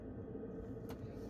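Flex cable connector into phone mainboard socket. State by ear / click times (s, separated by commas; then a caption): not seated / none. A flex cable connector is lined up over its socket on the mainboard of a Samsung S22 during a battery replacement, ready to be pressed down. A steady low rumble fills the clip, with a brief soft rustle of handling around 0.9 s. Nothing has seated or clicked yet.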